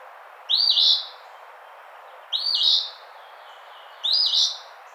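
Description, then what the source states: Eastern phoebe singing: a raspy two-part phrase repeated three times, about every two seconds, over a steady hiss. Recorded 16 June 2009.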